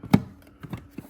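A plastic interior trim cover on a Porsche Taycan panel is pried off with a plastic trim removal tool to reach the ground point. It releases with a sharp snap at 0.1 s, followed by a few softer taps and clicks as it comes free.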